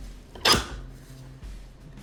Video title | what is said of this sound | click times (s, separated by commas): How to Repair a Recliner manual mechanism. | till it clicks | 0.5 s